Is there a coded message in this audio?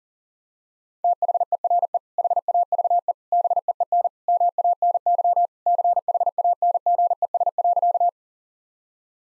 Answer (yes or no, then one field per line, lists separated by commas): yes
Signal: Morse code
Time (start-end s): 1.0-8.1 s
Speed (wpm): 37 wpm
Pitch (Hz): 700 Hz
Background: none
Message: THERE HAVE BEEN MANY CHANGES.